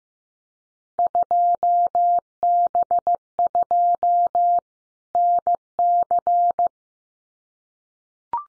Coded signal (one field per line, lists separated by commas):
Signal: Morse code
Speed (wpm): 15 wpm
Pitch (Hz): 700 Hz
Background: none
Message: 2B2 NC